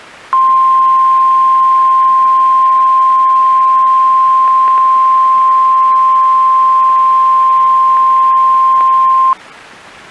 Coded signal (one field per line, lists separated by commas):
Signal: Emergency Alert System (SAME) tones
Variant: 1050 Hz attention tone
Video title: EAS Required Monthly/Weekly Test Minnesota NOAA Weather Radio/FM +SeaTTY/WeatherSTAR4000